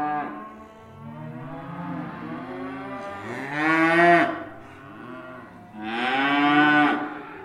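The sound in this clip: Cattle mooing: a drawn-out low moan followed by two louder, rougher bellows a couple of seconds apart.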